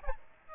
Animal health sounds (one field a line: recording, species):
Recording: mosquito wingbeat signal from an infrared sensor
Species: Aedes albopictus